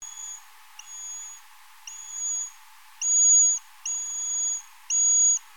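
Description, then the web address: Eastern horseshoe bat pulses: flat, sustained whistled tones with brief sweeping ends, repeated irregularly, some louder than others, above faint background hiss. "Rhinolophus megaphyllus"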